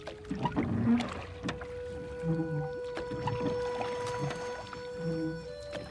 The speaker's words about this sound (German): bewegte den Riemen so geschickt, dass das Boot fast geräuschlos dahin eilte.